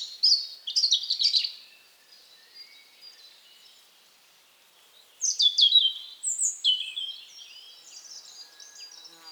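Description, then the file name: European robin singing two thin, high, twittering phrases of quick varied notes, separated by a pause of a few seconds. "Erithacus rubecula"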